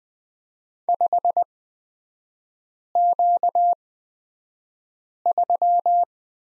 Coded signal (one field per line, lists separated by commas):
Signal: Morse code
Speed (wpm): 20 wpm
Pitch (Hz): 700 Hz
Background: none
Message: 5Q3